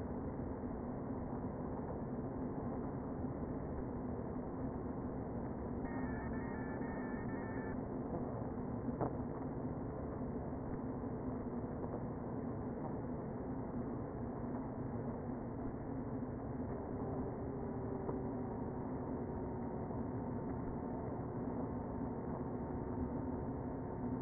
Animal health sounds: honeybee colony, microphone inside the hive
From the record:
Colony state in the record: queen present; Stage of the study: before two queens were removed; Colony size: about 60,000 bees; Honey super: yes

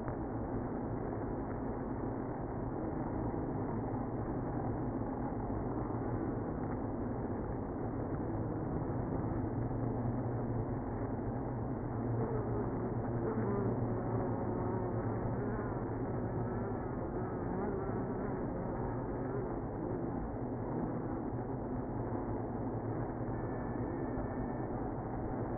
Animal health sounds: honeybee colony, microphone inside the hive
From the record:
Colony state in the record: queenless (queen removed); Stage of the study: after two queens were removed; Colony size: about 60,000 bees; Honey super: yes

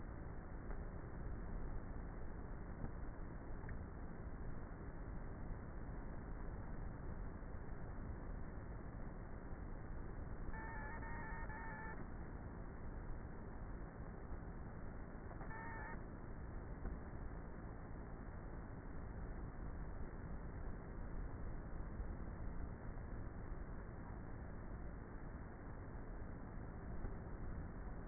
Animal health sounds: honeybee colony, microphone inside the hive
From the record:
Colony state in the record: queenless with a low population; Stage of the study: before two queens were removed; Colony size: about 30,000 bees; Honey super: no

